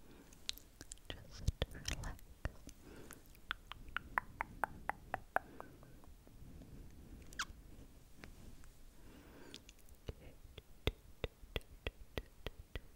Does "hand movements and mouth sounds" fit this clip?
yes